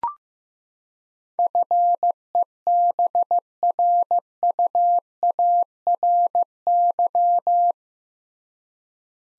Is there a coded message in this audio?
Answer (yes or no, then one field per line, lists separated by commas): yes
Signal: Morse code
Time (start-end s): 1.4-7.7 s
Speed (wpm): 15 wpm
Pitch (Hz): 700 Hz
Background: none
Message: FEBRUARY